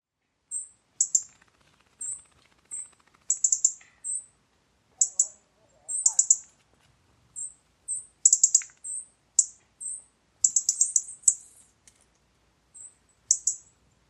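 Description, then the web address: European robin repeating very high, thin, short notes, singly and in little clusters, over about fourteen seconds. "Deverinetal 2025 File origin Bird Only Er Ru"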